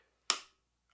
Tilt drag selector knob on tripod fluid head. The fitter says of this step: soy yo hace clic y entonces lo que hace es que me ofrece cierta resistencia al movimiento